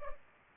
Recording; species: mosquito wingbeat signal from an infrared sensor; Culex pipiens